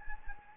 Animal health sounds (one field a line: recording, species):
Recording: mosquito wingbeat signal from an infrared sensor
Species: Anopheles gambiae